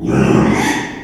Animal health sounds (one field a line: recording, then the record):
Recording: squeal of a Yucatan mini pig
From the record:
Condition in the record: after surgery on the right vocal fold (resection and tissue-engineered implant)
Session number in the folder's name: 3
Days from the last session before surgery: 33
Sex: male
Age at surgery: 12 weeks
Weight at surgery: 13 kg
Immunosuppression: cyclosporine, prednisolone